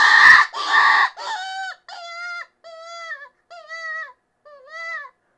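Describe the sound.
Cottontail rabbit distress screams: two loud, harsh cries open, then five thinner, wavering, tonal wails, each about half a second, with short silences between.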